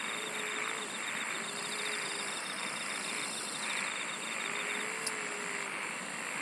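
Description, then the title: Insect chorus: high pulsed trills and shrill hum, with a lower tone recurring a few times beneath. "SINGING OF INSECTS"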